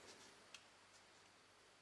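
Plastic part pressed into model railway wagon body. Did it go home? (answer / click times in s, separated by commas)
yes / 0.6 s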